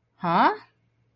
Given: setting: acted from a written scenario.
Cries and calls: vocal sound without words; confusion

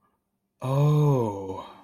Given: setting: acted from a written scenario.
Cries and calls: vocal sound without words; realization

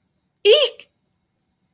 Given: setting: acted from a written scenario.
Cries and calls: vocal sound without words; negative surprise

